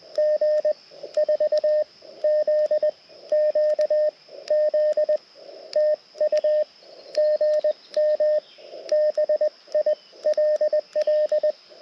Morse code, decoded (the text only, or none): G4ZQZ TU GM BILL